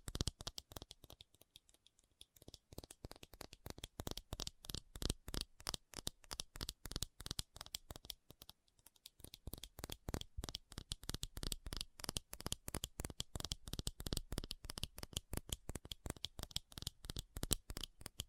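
Fast tapping runs almost nonstop, a dense stream of sharp, clicky hits with a bright, crisp edge. The pace is rapid and slightly uneven, thinning out briefly around two seconds and again near nine seconds before picking back up.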